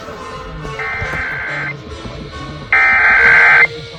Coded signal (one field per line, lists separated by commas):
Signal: Emergency Alert System (SAME) tones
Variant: header bursts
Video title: Pennsylvania Statewide Required Monthly EAS Test for July 2025 (7/17/25)